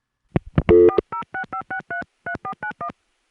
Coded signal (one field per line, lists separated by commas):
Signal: DTMF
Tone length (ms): 90 ms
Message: 4065633491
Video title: Early 80s pgm. 13: Odd Ring Tones, A Remote New York City Dialtone, Time Announcements, 1981 - 1983